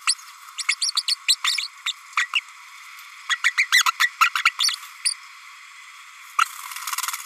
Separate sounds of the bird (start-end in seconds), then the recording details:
0.07-0.15, 0.58-0.63, 0.68-0.75, 0.81-0.91, 0.96-1.02, 1.07-1.16, 1.28-1.36, 1.44-1.68, 1.86-1.93, 2.17-2.26, 2.35-2.40, 3.29-3.38, 3.44-3.51, 3.57-3.66, 3.71-3.84, 3.85-3.91, 3.99-4.09, 4.20-4.29, 4.35-4.42, 4.45-4.50, 4.59-4.76, 5.04-5.14. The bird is a female. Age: 32 days. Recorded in a nest box in Venezuela. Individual 17B32A5